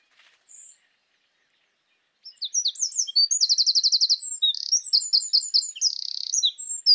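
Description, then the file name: Eurasian wren: two short high notes, a pause, then a loud, rapid song of trills, repeated notes and a buzzy rattle. "Troglodytes troglodytes"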